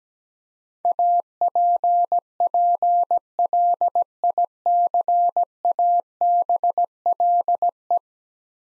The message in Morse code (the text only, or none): APPLICABLE